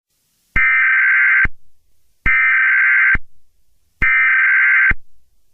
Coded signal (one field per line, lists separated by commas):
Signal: Emergency Alert System (SAME) tones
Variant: header bursts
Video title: EAS Scenario: El Pablo Pt.2